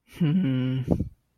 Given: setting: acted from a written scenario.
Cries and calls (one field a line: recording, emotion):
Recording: vocal sound without words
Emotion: contempt